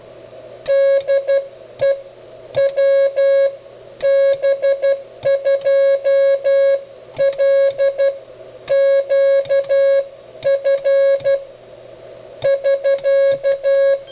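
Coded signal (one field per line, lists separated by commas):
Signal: Morse code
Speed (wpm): 12 wpm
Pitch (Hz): 550 Hz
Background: music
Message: DE WB2LQF <SK>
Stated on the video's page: CW from the Begali CW Machine, a full-function keyer and CW trainer, shown with its autologging function.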